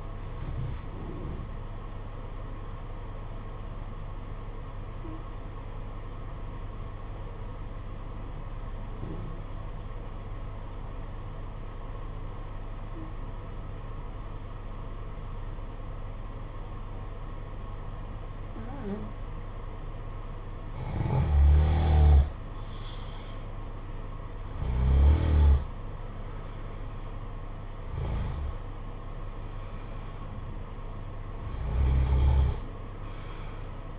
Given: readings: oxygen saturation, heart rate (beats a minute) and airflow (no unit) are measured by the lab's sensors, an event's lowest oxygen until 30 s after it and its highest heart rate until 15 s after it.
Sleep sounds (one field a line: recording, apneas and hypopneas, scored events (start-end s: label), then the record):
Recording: breathing in sleep by a smartphone at the bedside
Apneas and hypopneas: 1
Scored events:
4.00-23.70 s: hypopnea (N1, oxygen 95% highest, then 89% lowest, heart rate 53 at the start, 61 highest)
From the record:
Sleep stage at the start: N1 (lightest sleep)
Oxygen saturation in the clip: 85 to 95%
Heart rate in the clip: 53 to 61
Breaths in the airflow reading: 6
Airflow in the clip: -6.7 to 6.5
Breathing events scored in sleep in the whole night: 476 in 9.7 hours asleep